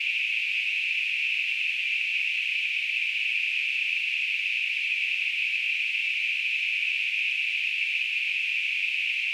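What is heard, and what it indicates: A steady, unchanging hiss concentrated in a narrow high-pitched band around 2–3 kHz, lasting the full nine seconds with no pauses or swells. It is a simulated tinnitus sound, imitating the constant phantom hissing some people hear in their ears.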